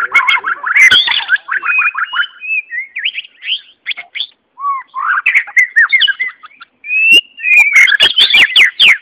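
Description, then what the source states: White-rumped shama song, rapid stuttering whistled notes, then quieter varied phrases and a closing burst of sharp clicks and whistles. Song, Malaysia.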